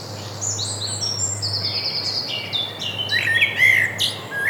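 Bird song: a lively run of high, varied chirps, trills and sweeping whistles, growing louder toward the end.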